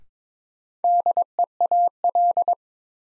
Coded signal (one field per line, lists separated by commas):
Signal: Morse code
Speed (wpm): 22 wpm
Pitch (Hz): 700 Hz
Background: none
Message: DEAL